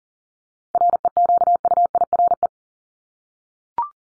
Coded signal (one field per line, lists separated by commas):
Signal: Morse code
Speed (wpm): 40 wpm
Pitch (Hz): 700 Hz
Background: none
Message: REQUIRE